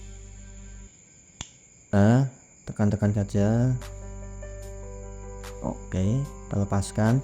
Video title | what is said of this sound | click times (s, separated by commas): Cara mudah membuat Kabel Straight | kita jebut saja agar terdengar bunyi klik ya. | 1.4 s